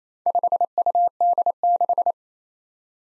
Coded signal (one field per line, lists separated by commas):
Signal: Morse code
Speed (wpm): 29 wpm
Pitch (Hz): 700 Hz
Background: none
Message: 5UD6